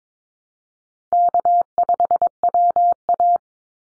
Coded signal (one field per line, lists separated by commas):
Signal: Morse code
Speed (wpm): 22 wpm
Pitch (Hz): 700 Hz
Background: none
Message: K5WA